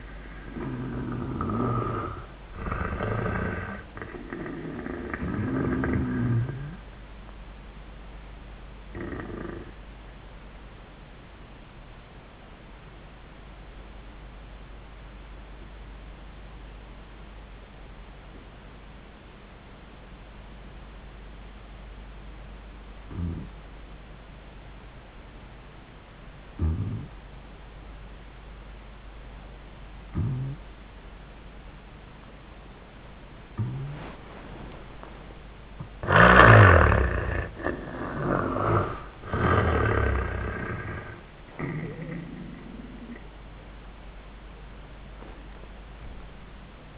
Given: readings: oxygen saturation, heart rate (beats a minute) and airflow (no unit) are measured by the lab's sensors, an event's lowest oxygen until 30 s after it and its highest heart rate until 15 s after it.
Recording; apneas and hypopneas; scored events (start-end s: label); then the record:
breathing in sleep by a voice recorder at the bedside; 1
11.00-36.60 s: obstructive apnea (N1, oxygen 98% highest, then 83% lowest, heart rate 88 at the start, 104 highest)
32.00-46.97 s: new sleep stage, awake
35.00-46.97 s: awake
From the record:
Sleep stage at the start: N1 (lightest sleep); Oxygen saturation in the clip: 84 to 98%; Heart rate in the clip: 79 to 94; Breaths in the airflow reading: 3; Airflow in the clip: -14.6 to 8.3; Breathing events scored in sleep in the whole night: 400 in 8.7 hours asleep